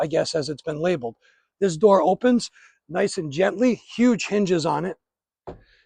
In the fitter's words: It locks into place and you have easy access to get your catch aboard